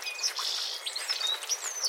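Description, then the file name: European goldfinch calls: thin high whistles and a short buzzy twitter, with sharp clear notes scattered through the two seconds over a soft hiss. "Carduelis carduelis"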